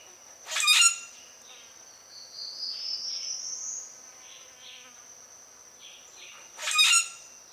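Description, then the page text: Common grackle uttering two loud, scratchy calls about six seconds apart, with a faint rising whistled glide between them and a steady shrill insect tone throughout. "Обыкновенный гракл - Common Grackle (Quiscalus quiscula)"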